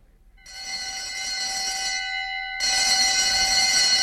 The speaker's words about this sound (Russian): О, какой звон! Никак не могу привыкнуть. Работала сигнализация. Это медведь за вторым пожаловал.